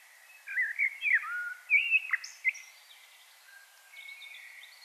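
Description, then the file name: Common blackbird giving a short burst of fluty, slurred warbling with a sharp high note, followed by fainter notes over constant background hiss. "Turdus merula"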